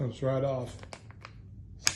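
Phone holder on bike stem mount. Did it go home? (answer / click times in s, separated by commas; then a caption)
yes / 1.9 s. A phone holder is put back onto an aluminium mountain-bike stem mount. Someone talks at the start, followed by a few small handling taps. The holder then locks into place with a sharp click at 1.9 s, and it is seated.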